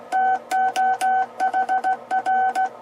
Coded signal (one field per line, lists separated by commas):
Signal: Morse code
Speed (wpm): 16 wpm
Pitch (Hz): 760 Hz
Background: none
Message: TOHR